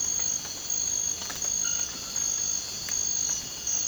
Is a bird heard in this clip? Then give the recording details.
no. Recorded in dense forest near Puerto Asís, Putumayo, Colombia, on 19 March 2025 at 02:30. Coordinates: 0.481, -76.323. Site G088